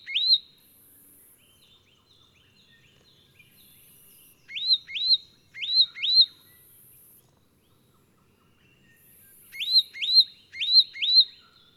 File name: Myiagra Rubecula